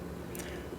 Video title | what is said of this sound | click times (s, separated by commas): Better Than Creed Aventus? - BondNo9.com - Bond No 9 Fragrance Review | batch code and fragrance information on the bottom cap does click into place holds pretty good | 0.3 s